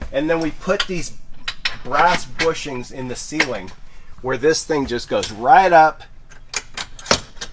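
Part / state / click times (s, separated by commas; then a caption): folding bed frame pin into a ceiling brass bushing / seated / 7.1 s. A folded bed section in a van is raised until its pin goes up into a brass bushing in the ceiling, and it locks into place. Someone talks through most of the clip, then a few small knocks follow before a sharp, loud hit at 7.1 s as the pin seats in the bushing.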